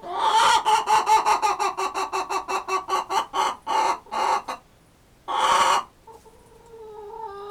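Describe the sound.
A chicken gives rapid repeated clucks that slow slightly, then one loud extended squawk, followed by soft tonal sounds.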